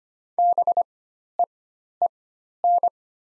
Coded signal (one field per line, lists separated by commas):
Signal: Morse code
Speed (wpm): 25 wpm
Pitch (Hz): 700 Hz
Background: none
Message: BEEN